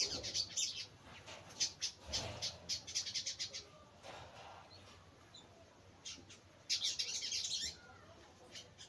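Bird chirping: high clustered chips in bursts over a hissy background, with a dense chattering burst near the end.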